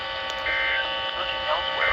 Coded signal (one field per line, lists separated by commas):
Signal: Emergency Alert System (SAME) tones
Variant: end-of-message bursts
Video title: EAS #300!| EAS Tests From 3/10/2021 (EAS #296-301)